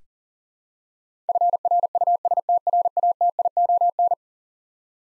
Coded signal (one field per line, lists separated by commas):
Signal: Morse code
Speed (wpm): 40 wpm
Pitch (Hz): 700 Hz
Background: none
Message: FRUSTRATION